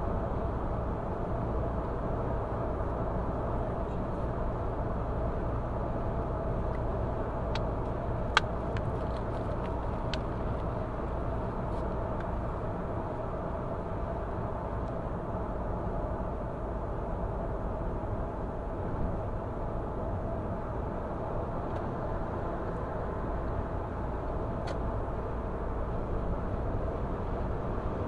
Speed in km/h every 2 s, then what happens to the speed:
105, 105, 105, 105, 105, 105, 105, 100, 97, 94, 93, 99, 103, 107.
0-13 steady at about 105. 13-20 slows to 93. 20-28 speeds up to 107.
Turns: none.